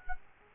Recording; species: mosquito wingbeat signal from an infrared sensor; Culex quinquefasciatus